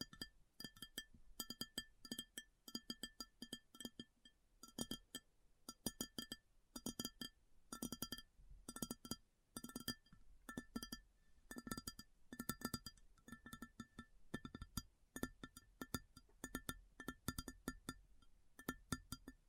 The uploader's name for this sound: ASMR Addictive Tapping